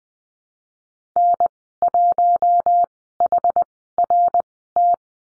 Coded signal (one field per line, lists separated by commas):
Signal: Morse code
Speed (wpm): 20 wpm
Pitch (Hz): 700 Hz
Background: none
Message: N1HRT